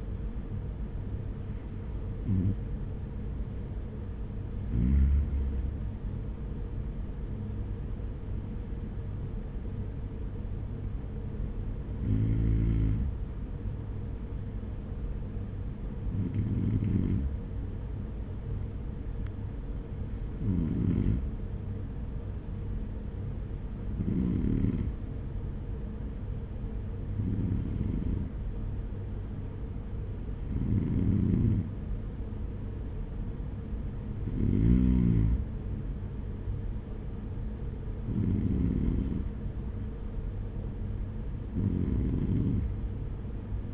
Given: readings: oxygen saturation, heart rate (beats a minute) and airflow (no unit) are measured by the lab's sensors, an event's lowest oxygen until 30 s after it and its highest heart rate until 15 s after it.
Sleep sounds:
breathing in sleep by a smartphone at the bedside; none
none scored
From the record:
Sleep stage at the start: REM sleep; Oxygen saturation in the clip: 94 to 96%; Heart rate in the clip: 56 to 63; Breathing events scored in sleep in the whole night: 210 in 6.9 hours asleep

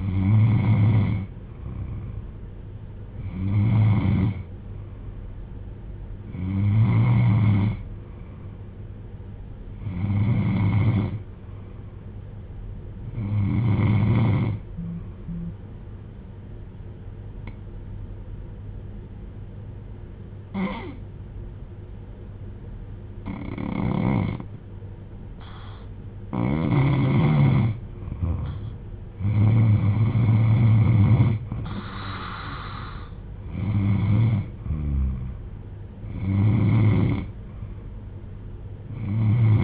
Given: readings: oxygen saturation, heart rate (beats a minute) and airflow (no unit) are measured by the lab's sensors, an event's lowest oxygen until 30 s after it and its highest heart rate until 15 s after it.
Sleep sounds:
breathing in sleep by a smartphone at the bedside; 1
18.00-34.70 s: hypopnea (N3, oxygen 95% highest, then 91% lowest)
From the record:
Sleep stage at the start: N3 (deep sleep); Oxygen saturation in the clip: 92 to 95%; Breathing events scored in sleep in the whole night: 310 in 8.1 hours asleep

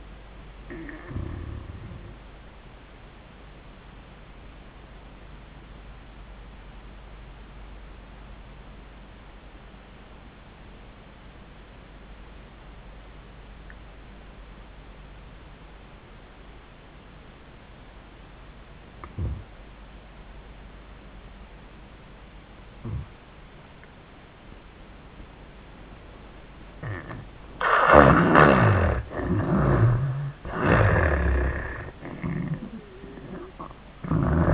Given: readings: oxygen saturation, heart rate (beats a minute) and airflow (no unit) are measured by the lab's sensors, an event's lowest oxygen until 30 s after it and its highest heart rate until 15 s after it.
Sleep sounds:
breathing in sleep by a voice recorder at the bedside; 1
4.00-27.80 s: obstructive apnea (N1, oxygen 97% highest, then 79% lowest, heart rate 87 at the start, 95 highest)
From the record:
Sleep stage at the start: N1 (lightest sleep); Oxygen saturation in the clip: 80 to 97%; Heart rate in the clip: 72 to 91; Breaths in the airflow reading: 3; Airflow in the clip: -17.0 to 10.4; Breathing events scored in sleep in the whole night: 400 in 8.7 hours asleep

